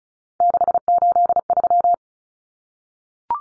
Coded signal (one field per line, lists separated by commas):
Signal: Morse code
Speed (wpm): 34 wpm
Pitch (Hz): 700 Hz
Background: none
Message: 683